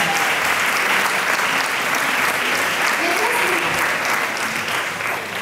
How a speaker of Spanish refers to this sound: ¿Dónde está mi aplauso por salvar mi carnet de vegana?